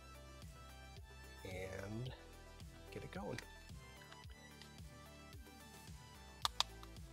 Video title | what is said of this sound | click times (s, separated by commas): How-To: HomeLink Install // 2019-2024 Camaro ZL1, SS, LT1, RS, LT | you'll hear it snap in the place and now I can start reinstalling the harnesses | 6.5 s, 6.6 s